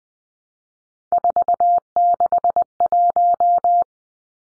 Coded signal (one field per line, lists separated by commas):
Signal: Morse code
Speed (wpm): 20 wpm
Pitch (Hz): 700 Hz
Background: none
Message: 461